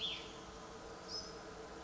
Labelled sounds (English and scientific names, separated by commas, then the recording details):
Cassin's Vireo (Vireo cassinii)
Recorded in Sonoma County, California